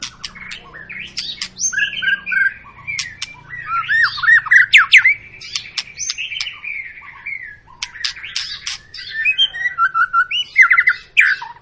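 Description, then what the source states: White-rumped shama song: a varied run of whistled slurs, rising and falling notes and harsh squawky bursts, with brief pauses between phrases. Long continuous (gacor) lure recording used to make other birds sing.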